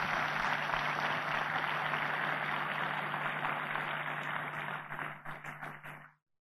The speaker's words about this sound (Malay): Berikan satu tepukan pada diri anda sendiri.